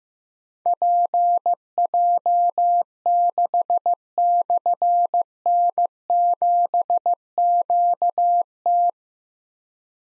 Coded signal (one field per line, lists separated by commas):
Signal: Morse code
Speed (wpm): 15 wpm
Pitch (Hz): 700 Hz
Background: none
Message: PJ6/N7QT